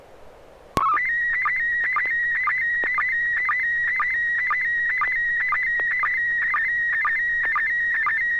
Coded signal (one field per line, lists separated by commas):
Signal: SSTV (slow-scan television)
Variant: PD 120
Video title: N6NA SSTV Net - 03/23/2022